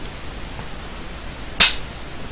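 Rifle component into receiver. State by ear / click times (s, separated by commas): seated / 1.6 s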